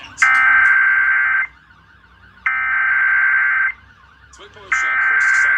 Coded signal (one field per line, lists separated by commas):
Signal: Emergency Alert System (SAME) tones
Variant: header bursts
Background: speech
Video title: US Emergency Alert Systems 2026 (part 10) (CONTAINS VALID TONES!) - 6-21-26